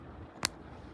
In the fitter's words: and twist it a little bit until it clicks